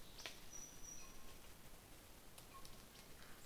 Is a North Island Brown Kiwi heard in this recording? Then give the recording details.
no. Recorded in New Zealand on 21 November 2014. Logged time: 04:57. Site CL78